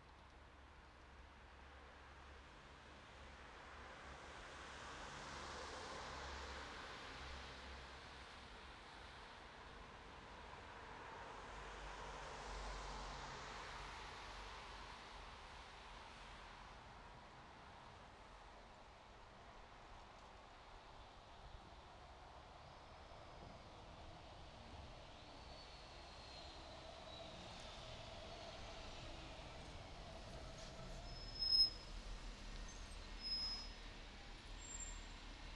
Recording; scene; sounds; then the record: everyday scene through a hearing-aid microphone; in traffic; traffic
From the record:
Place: bus stop on a city main road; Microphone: in the ear canal, right